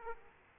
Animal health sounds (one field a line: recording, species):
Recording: mosquito wingbeat signal from an infrared sensor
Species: Aedes aegypti